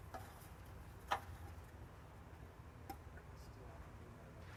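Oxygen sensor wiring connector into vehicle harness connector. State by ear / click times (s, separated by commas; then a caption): seated / 1.1 s. An oxygen sensor's plastic wiring connector, routed over the transmission, has its tab lined up with the mating tab and is pushed into the vehicle harness connector. A sharp latch click at 1.1 s shows the connector seating, with a few fainter ticks over a low steady background hum.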